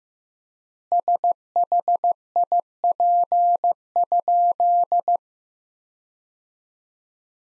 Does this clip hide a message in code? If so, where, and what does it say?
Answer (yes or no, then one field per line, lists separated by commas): yes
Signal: Morse code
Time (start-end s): 0.9-5.2 s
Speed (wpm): 15 wpm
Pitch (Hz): 700 Hz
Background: none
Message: SHIP?